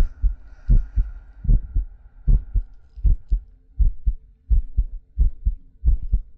ASMR Heartbeat Breathing.